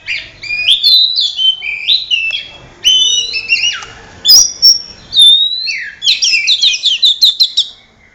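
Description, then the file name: Oriental magpie-robin song with loud whistled and swooping notes, a few pure high whistles, ending in a quick series of repeated sharp chirps. Simulated songbird contest audio intended for Oriental magpie-robins. "audio simulasi lomba untuk kacer omkicau"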